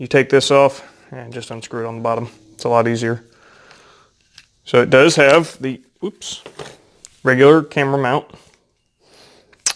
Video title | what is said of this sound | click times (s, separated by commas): CATCH AND COOK CATFISH! And a day of adventure. | and it just snaps in place. | 9.7 s